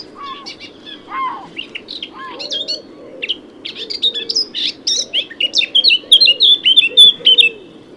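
Eurasian blackcap song, scratchy warbled notes that build into a brisk, rich run of clear fluty phrases, with a few soft low sounds underneath.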